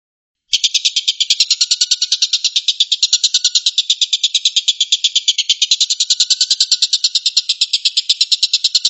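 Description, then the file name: Stork-billed kingfisher rattle: a sudden onset, then dense harsh pulses repeating rapidly without a break. Tengkek buto giving the "tembakan" (shooting) call style. "suara tembakan tengkek buto"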